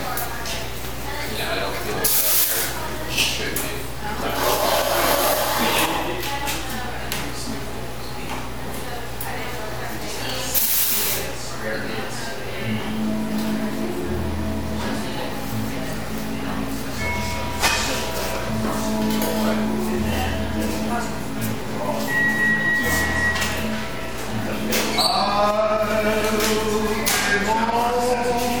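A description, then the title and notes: Busy coffee shop interior with steady overlapping chatter, a constant low hum, bursts of hissing and clatter, and brief tonal beeps near the end. Maplwood Starbucks Sounds at Starbucks by nathaliep.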